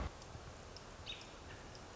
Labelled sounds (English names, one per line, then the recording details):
American Robin
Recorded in Sonoma County, California